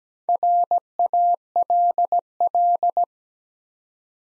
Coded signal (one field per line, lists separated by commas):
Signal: Morse code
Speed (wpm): 17 wpm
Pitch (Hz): 700 Hz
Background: none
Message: RALL